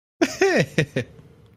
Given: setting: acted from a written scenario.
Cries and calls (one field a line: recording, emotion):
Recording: vocal sound without words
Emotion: positive surprise